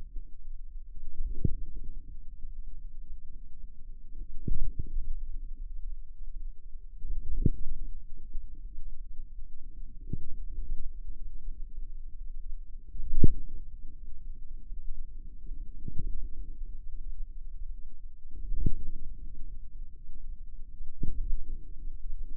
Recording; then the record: forearm muscle sounds (acoustic myography)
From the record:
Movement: radial deviation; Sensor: system 2, bracelet of six BSWA MPA416 microphones around the upper forearm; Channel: 5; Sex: female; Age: 23 years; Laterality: right